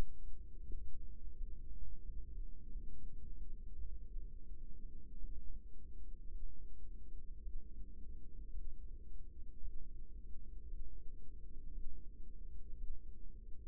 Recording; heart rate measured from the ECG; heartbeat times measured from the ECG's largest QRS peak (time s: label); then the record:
heart sounds by microphone in the right ear; 64 bpm
0.63 s: heartbeat
1.32 s: heartbeat
2.01 s: heartbeat
2.67 s: heartbeat
3.33 s: heartbeat
4.10 s: heartbeat
5.17 s: heartbeat
6.27 s: heartbeat
7.39 s: heartbeat
8.51 s: heartbeat
9.59 s: heartbeat
10.65 s: heartbeat
11.70 s: heartbeat
12.74 s: heartbeat
From the record:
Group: healthy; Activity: Valsalva maneuver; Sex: female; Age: 23 years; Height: 160 cm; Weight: 50.4 kg